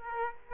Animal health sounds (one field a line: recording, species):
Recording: mosquito wingbeat signal from an infrared sensor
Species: Aedes aegypti